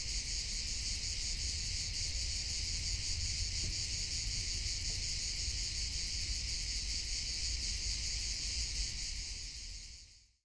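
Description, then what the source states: Crickets chorusing: a dense, continuous high shrill trill with a steady pulsing rhythm, many insects overlapping, fading out at the very end. Many crickets dominating the soundscape on a mountaintop at Capella de Sant Jordi, Sant Llorenç de la Muga area, during a summer excursion, with no human-made sound.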